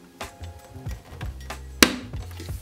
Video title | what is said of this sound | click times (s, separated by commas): "Backseat Look-See" Suction Cup Mirror Installation | with two fingers you might need two hands for this you're gonna press it in and turn the dial until you hear this click | 1.8 s